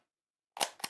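A replacement blade insert is pushed down harder into a small hand cutting tool after a first attempt that did not go in fully. After a brief faint rustle and near silence, two sharp clicks ring out at 0.6 and 0.8 seconds. The blade insert is seated and clicks home.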